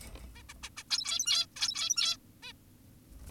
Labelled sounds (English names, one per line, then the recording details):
Zebra Finch
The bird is an adult
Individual g17y2U